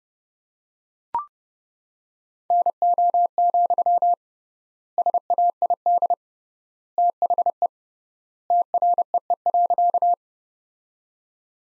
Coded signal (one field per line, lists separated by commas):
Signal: Morse code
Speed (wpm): 30 wpm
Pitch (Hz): 700 Hz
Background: none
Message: NO, SAID THE TREE.